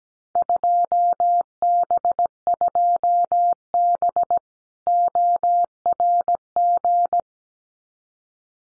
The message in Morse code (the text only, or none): 2B2B ORG